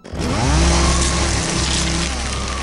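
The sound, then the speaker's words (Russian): A jet-powered saw roars to life as it is raised, its motor whine climbing quickly in pitch and then holding a loud, steady, rasping drone for a couple of seconds. “Тогда я завершил приготовление и поднял реактивную пилу.”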